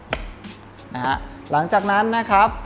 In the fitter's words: แล้วก็ประกอบเข้าหัวชงนะครับให้เข้าล็อคนะ